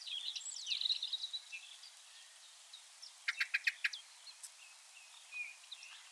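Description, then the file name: Common blackbird gives one brief burst of sharp chinking notes midway, after a stretch of other birds' twittering song. "Turdus merula"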